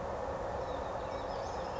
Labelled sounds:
Western Flycatcher (Empidonax difficilis)
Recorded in Sonoma County, California

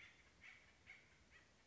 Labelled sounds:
Acorn Woodpecker (Melanerpes formicivorus)
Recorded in Sonoma County, California

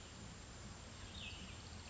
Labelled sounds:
Cassin's Vireo (Vireo cassinii)
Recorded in Sonoma County, California

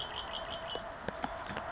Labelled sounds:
Red-winged Blackbird (Agelaius phoeniceus)
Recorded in Sonoma County, California

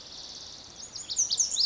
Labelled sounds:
Pacific Wren (Troglodytes pacificus)
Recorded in Sonoma County, California

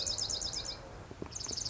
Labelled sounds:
Dark-eyed Junco (Junco hyemalis)
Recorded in Sonoma County, California

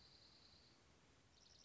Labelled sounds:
Dark-eyed Junco (Junco hyemalis)
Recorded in Sonoma County, California

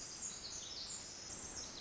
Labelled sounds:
Pacific Wren (Troglodytes pacificus)
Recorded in Sonoma County, California

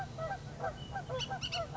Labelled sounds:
Bullock's Oriole (Icterus bullockii)
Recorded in Sonoma County, California

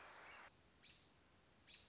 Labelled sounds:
American Robin (Turdus migratorius)
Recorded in Sonoma County, California

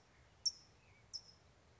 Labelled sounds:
California Towhee (Melozone crissalis)
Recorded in Sonoma County, California

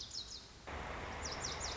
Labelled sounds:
Lazuli Bunting (Passerina amoena)
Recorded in Sonoma County, California

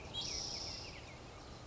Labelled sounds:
Spotted Towhee (Pipilo maculatus)
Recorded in Sonoma County, California

